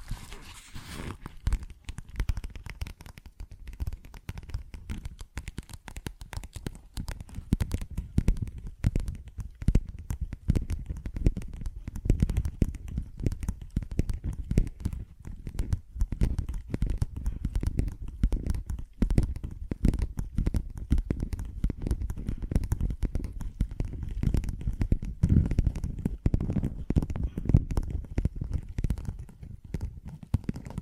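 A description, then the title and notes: Tapping and scratching sounds run continuously for the whole half minute, a dense stream of quick, irregular clicks and crackles. The hits are mostly low and thuddy with a crisp top, and they grow slightly busier and stronger after the first few seconds. ASMR Tapping, Scratching & Zipper Sounds.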